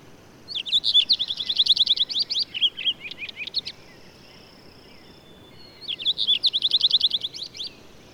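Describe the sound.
Bird song in two phrases, each a rapid string of high, clipped notes; the first trails off into a few looser chirps.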